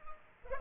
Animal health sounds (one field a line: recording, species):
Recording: mosquito wingbeat signal from an infrared sensor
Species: Culex pipiens